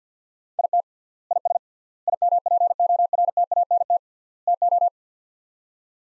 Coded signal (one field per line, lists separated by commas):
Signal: Morse code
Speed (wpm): 46 wpm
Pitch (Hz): 700 Hz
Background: none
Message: IT IS IMPORTANT TO